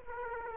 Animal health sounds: mosquito wingbeat signal from an infrared sensor; Aedes aegypti

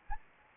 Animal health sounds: mosquito wingbeat signal from an infrared sensor; Anopheles gambiae

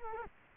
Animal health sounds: mosquito wingbeat signal from an infrared sensor; Culex quinquefasciatus

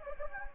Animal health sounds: mosquito wingbeat signal from an infrared sensor; Anopheles gambiae

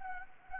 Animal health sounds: mosquito wingbeat signal from an infrared sensor; Anopheles arabiensis

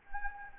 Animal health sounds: mosquito wingbeat signal from an infrared sensor; Anopheles gambiae

